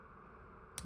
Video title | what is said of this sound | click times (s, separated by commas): HOBBYWING - Building a G4R Team Tuned with Matthew Gonzales | You can hear a clicking noise. It means that you did it right. | 0.8 s